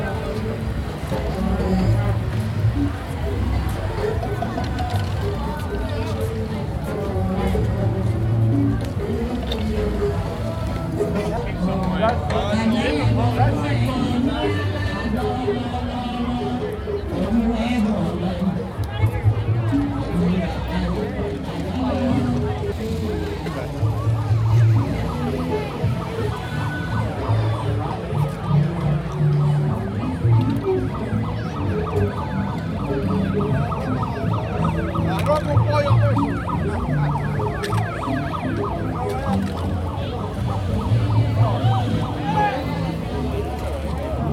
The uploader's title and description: Calle Ocho 2014 - Sounds from the Street. This is a soundscape recorded from walking through these street festivals.